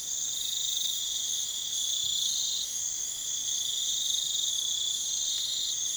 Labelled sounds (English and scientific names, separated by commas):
none